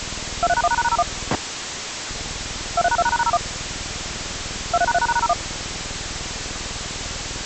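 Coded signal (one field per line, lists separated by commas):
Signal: DTMF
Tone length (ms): 60 ms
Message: 23#1#01 23#2#01 23#3#01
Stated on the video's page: Fictional EAS scenario; simulated.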